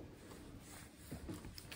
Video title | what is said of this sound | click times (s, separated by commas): 3 Minute Tesla Model 3 Road Trip Battery Charge Review / 0-60 mph SPEED TEST! DC to Charlotte,NC 3MM | After you hear it snap into place, you can plug it in the wall like you would anything else. | 1.6 s, 1.7 s